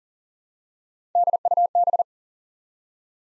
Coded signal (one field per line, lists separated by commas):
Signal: Morse code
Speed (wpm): 38 wpm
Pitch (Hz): 700 Hz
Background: none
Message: DUB